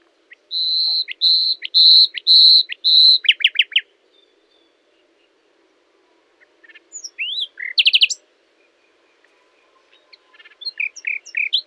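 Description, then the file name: Common nightingale song: five loud repeated whistled notes, a rapid rattle, then later phrases of quick rising chirps and sharp twittering notes after pauses. "Luscinia megarhynchos"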